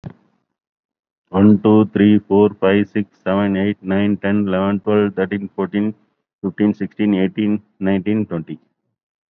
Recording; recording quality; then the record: counting at a fast pace; excellent, no background noise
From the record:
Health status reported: COVID-19 positive, moderate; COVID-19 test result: positive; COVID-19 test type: RT-PCR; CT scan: not taken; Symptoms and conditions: cough, breathing difficulty, fever, fatigue, muscle pain, loss of smell and taste, hypertension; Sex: male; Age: 50 years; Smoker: no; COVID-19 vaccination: both doses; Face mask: worn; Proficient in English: no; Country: India